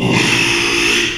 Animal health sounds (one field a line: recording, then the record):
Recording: squeal of a Yucatan mini pig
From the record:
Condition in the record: after surgery on the right vocal fold (resection and tissue-engineered implant)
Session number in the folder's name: 1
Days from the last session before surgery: 6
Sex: male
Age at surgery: 12 weeks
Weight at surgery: 13 kg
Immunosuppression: cyclosporine, prednisolone